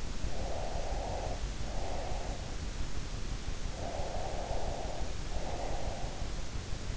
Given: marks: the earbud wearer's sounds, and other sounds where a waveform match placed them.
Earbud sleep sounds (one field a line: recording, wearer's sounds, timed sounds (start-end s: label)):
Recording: sounds in sleep by an in-ear microphone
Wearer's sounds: breath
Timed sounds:
0.28-2.55 s: breath
3.77-6.36 s: breath